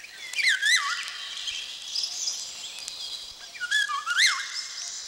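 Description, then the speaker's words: Eurasian golden oriole song: liquid, yodelling whistled phrases that swoop up and down, one near the start and another after about three and a half seconds, with faint high bird calls. Common in the Nerekhta district. "В наших местах, в Нерехтском районе, она встречается часто."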